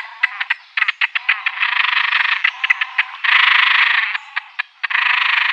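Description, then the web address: Great crested grebe giving harsh, rasping calls mixed with rapid dry ticks, with longer grating bursts near the middle and end. "Schulze Peter Great Crested Grebe"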